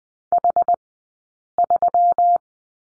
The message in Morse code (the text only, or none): H3